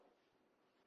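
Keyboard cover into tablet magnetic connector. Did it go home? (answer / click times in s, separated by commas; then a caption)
no / none. A magnetic keyboard cover is handled as it is brought toward a tablet's magnetic connector to attach it a second time. Only a quiet, steady low-level background is heard, with no sharp sounds. Nothing has seated or clicked yet.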